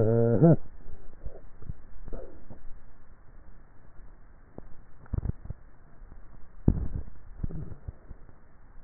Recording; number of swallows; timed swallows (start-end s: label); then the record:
swallowing sounds by neck microphone; 2
1.55-2.62 s: swallow
6.72-8.05 s: swallow
From the record:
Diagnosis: dysphagia